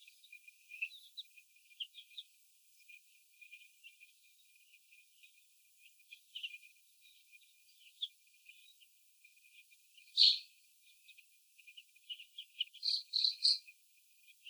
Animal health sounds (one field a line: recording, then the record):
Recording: young laying hens in a cage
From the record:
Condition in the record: before the stressor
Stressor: sudden umbrella opening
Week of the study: 2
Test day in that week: 1